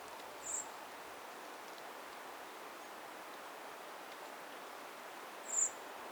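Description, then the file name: Eurasian blackbird calls, a faint high thin note followed about five seconds later by a clearer one, over steady outdoor hiss. "Turdus merula"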